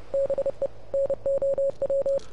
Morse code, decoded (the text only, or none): BE NOW